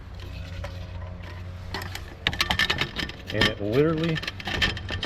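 The top section of a portable folding camp table is fitted onto its frame and snaps into place with a sharp click at 2.3 s, followed by a few quick rattling knocks. Someone talks, and a steady low hum runs underneath. The table top is seated.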